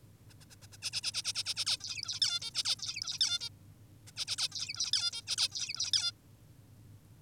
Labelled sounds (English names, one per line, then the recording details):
Zebra Finch
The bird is an adult
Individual g19o10U